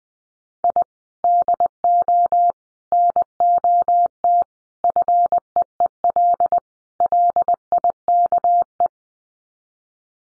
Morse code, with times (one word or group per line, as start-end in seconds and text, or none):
0.6-0.8 I
1.2-2.5 DO
2.9-4.4 NOT
4.8-6.6 FEEL
7.0-8.9 LIKE